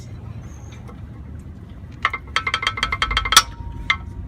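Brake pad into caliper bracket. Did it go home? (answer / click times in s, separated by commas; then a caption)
yes / 3.9 s. A brake pad on a 2000 Land Rover Discovery 2 is wiggled into the caliper bracket's metal pad clips over a low background rumble, making a string of sharp metallic clinks from about 2.0 to 3.4 s. It drops into place with a clear snap at 3.9 s, and the pad is seated.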